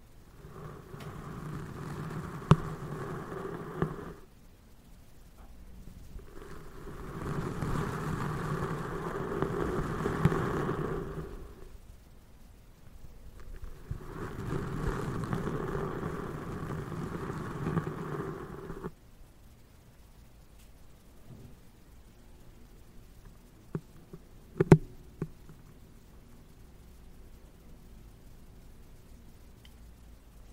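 Three long soft rustling swells of fabric-like brushing over a windscreen, then near silence broken by a few small taps around twenty-five seconds.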